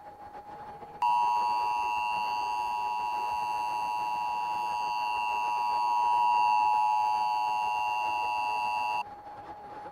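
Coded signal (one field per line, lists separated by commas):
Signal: Emergency Alert System (SAME) tones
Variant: 853 and 960 Hz attention tone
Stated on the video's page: Fictional mock EAS scenario created on computer depicting a nuclear implosion.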